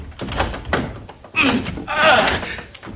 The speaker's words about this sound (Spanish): ¡Fuerce la cerradura!